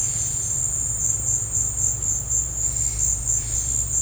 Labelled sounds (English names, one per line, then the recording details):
none
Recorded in dense forest near Puerto Asís, Putumayo, Colombia, on 26 December 2024 at 14:30
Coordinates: 0.468, -76.322
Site G071